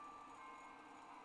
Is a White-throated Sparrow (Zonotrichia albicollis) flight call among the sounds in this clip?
no